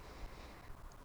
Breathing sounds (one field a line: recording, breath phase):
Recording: one breath near a microphone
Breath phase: inhalation